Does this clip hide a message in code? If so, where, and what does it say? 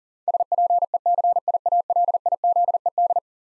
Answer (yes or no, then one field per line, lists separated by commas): yes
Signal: Morse code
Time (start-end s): 0.3-3.2 s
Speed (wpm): 37 wpm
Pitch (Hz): 700 Hz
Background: none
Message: SPECIALIZED